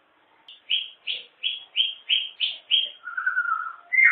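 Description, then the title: White-rumped shama singing a run of seven loud, clear whistled notes, followed by a lower buzzy trill and a final note. Wild bird in forest; original natural song. "Kicau Asli Murai Batu Hutan"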